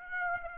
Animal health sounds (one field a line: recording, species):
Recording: mosquito wingbeat signal from an infrared sensor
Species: Aedes aegypti